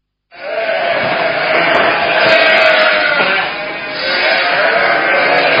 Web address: Bobby Cole Sheep